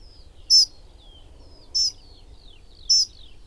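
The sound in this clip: Dunnock calls: three thin, high, piercing notes, each sharp and brief, spaced a little over a second apart over a quiet low rumble.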